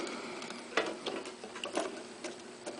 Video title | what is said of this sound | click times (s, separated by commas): Refurbishing my Sony DSC-T1 Digital Camera | Top one clips in there. | 0.8 s